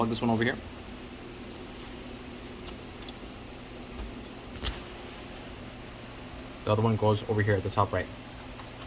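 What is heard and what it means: Someone talks while handling the trim panel of a 14.4-inch QHD 2K Tesla-style Android 11 infotainment unit being installed in a Ford F150 (SYNC 3) dashboard, where it goes in at the top right and its plastic retaining clips snap in. Between bursts of talk there is low steady background noise with brief handling ticks around 3.1 s and 4.7 s. Nothing has seated or clicked yet.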